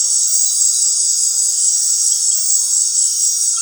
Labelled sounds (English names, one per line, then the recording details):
none
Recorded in dense forest near Puerto Asís, Putumayo, Colombia, on 20 February 2024 at 19:00
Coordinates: 0.502, -76.326
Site G6460